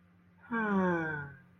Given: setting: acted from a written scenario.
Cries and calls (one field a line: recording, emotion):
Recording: vocal sound without words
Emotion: serenity